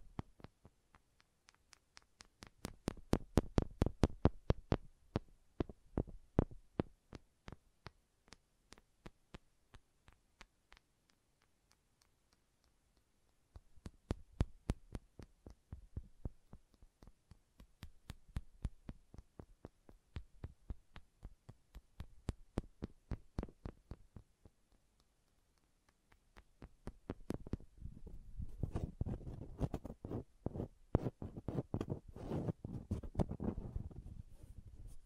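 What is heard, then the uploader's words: Wooden tapping and clicking in bursts of quick, sharp knocks, with short pauses between clusters. The taps come fast and uneven, some crisp and bright, others duller thumps. In the last ten seconds the sound thickens into a dense, continuous rubbing and knocking with a low, rumbling body. ASMR Calming Wood Triggers for Sleep (No Talking).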